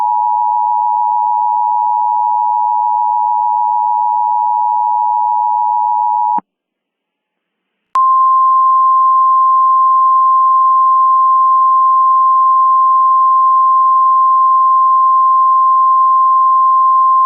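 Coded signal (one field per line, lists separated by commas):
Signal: Emergency Alert System (SAME) tones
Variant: 853 and 960 Hz attention tone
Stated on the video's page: Mock EAS scenario with valid EAS tones, not a real alert.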